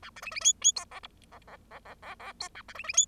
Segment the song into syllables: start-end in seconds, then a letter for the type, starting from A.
0.02-0.10 A, 0.16-0.21 B, 0.22-0.31 C, 0.31-0.40 C, 0.41-0.52 D, 0.61-0.72 D, 0.76-0.85 E, 0.91-1.00 F, 1.03-1.07 G, 1.32-1.38 F, 1.48-1.57 F, 1.71-1.79 F, 1.85-1.94 F, 2.02-2.15 F, 2.19-2.33 F, 2.40-2.48 E, 2.55-2.62 A, 2.68-2.73 B, 2.75-2.83 C, 2.83-2.93 C, 2.93-3.06 D